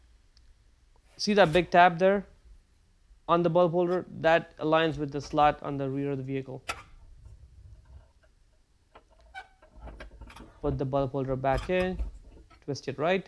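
Someone talks while handling the bulb holder for the third brake light housing on a 2011–2016 Hyundai Elantra, with the holder's big tab lined up with the slot on the rear of the vehicle. Only faint ticks are heard around 8.2 to 10.3 seconds as the holder is handled before being put back in and twisted right. Nothing has seated or clicked yet.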